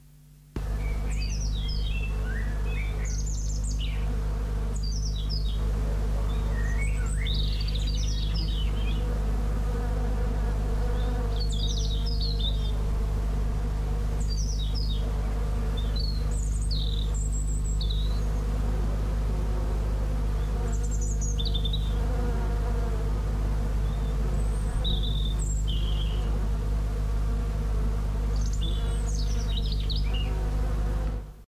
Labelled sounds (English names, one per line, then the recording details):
European Robin song
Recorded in the wild
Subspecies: macrorhynchus
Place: La Gomera, ES
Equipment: Halbspur, 9,5 cm/s
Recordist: Lütgens, Hans
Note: Gesang im Lorbeerwald